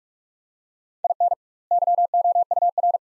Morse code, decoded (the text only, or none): IN YOUR